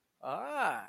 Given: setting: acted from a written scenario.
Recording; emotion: vocal sound without words; interest